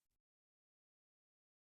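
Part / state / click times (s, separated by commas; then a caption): strimmer handle or shaft part into its plastic joint / not seated / none. A second plastic part of a Bosch EasyGrassCut 18 18V cordless strimmer, its handle or shaft, is pushed down into its plastic joint after the transport stopper is removed. A brief broadband scraping burst lasts about 0.2 seconds, followed by silence. Nothing has seated or clicked yet.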